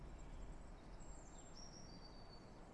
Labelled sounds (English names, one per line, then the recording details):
Eurasian Blue Tit
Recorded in Germany
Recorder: ecoPi